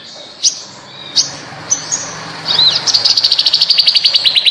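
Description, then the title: Bird song, a few spaced sharp notes, then a rapid even trill of high pulsed notes to the end. "Kicau Burung Yoi"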